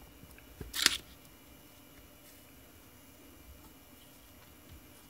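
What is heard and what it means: A video ROM chip, lined up by its notch, is pushed into its DIP socket on a computer motherboard. There is a brief rustle just before a sharp click at 0.9 s as it seats nice and secure, then only quiet background hiss.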